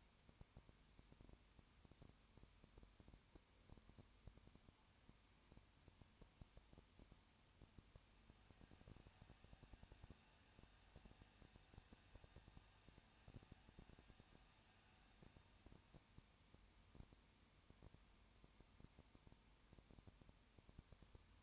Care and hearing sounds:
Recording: daily activity, microphone in the room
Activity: no activity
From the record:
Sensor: 2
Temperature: 20.8 degrees Celsius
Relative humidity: 38.3%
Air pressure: 1010.4 hPa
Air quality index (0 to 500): 200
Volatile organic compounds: 19 ppm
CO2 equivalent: 2646 ppm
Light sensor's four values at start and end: 2/3/2/2 and 2/3/2/2

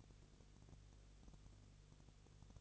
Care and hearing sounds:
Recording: daily activity, microphone in the room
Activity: no activity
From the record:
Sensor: 4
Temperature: 22.3 degrees Celsius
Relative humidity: 32.8%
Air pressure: 1002.0 hPa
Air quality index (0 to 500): 185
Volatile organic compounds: 4 ppm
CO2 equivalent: 1634 ppm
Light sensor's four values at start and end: 2/3/1/1 and 2/3/1/1

